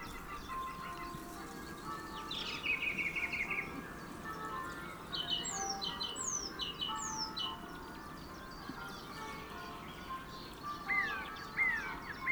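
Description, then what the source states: Song thrush song: varied phrases, including a rapid repeated note series and clear whistled notes, over background noise. Male singing.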